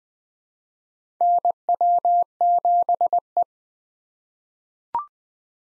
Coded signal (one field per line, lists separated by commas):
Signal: Morse code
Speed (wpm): 20 wpm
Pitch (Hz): 700 Hz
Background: none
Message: NW7E